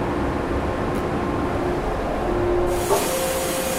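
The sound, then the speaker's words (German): Steady, dense roar of ship engine-room ventilation and air conditioning only, with the gearbox not running, and faint tonal hums underneath; a brighter airy hiss swells in near the end, and no one speaks. “Was wir jetzt hier an Lärm hören, ist die Belüftung, die Klimaanlage.”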